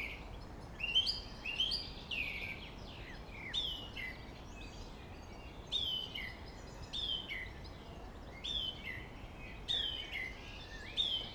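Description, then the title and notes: Song thrush song: bright whistled phrases, several repeated at roughly one-second intervals, with a soft traffic drone throughout. Singing in Friedhof Columbiadamm (Neuer Garnisonsfriedhof) cemetery, Berlin, with distant city and traffic noise; recorded on a Sony PCM D50. "Friedhof Columbiadamm, Berlin - Song thrush. Friedhof Columbiadamm (Neuer Garnisonsfriedhof), Song thrush (Singdrossel) singing, distant city. traffic noise"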